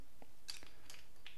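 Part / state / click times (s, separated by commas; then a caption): typeball retaining tab on typewriter carrier post / released / 0.5 s. On an IBM Selectric electric typewriter, the small latch tab holding the Letter Gothic 12 golf-ball typeball on its carrier post is flipped open so a new element can be swapped in. A single sharp mechanical click sounds at 0.5 s, with fainter ticks around 0.2, 0.9 and 1.3 s. The tab is released and open.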